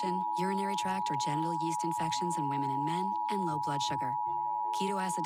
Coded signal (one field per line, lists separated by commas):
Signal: Emergency Alert System (SAME) tones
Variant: 853 and 960 Hz attention tone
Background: speech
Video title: WCBS National Emergency Alert System Test 10/4/2023 (Fail)